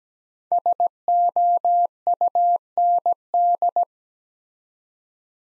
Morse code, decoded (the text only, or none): SOUND